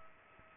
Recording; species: mosquito wingbeat signal from an infrared sensor; Culex pipiens